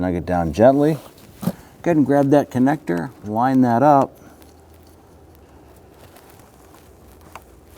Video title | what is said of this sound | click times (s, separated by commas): How to Replace Blower Motor Resistor 2006-2010 Hummer H3 | Push it in till you hear and feel the tab lock into place. | 7.4 s